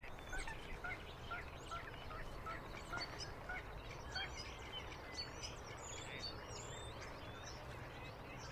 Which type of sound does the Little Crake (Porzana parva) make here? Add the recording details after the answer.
song. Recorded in the wild. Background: Sturnus vulgaris. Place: Berlin-Buch, Berlin, DE. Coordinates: 52.6331, 13.4842. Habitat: lake. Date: 2011-04-11 20:30. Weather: fair, 10°C, no wind. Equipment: Sound Devices 702, Sennheiser MKH 70, Rycote Windschutz. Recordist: Frommolt, Karl-Heinz. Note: Moorlinse Nähe S-Bahnhof Buch: Gesang eines Kleinen Sumpfhuhns